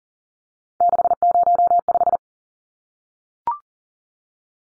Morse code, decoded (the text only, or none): 605